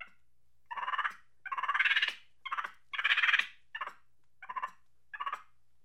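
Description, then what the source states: Monkey chattering in a run of pulsed, nasal, buzzing bursts of varying length, with short gaps between them and a faint low hum underneath. Angry chattering.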